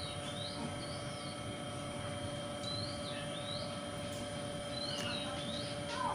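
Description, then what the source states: Oriental magpie-robin giving faint rising, slurred whistles, with a low continuous hum and hissing background noise underneath. Called kacer; song style called 'konslet'.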